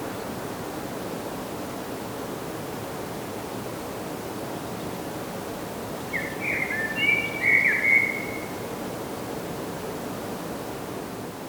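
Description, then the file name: Common blackbird giving a short burst of thin, squeaky call notes midway through, set against a steady hiss of background noise. "Turdus merula"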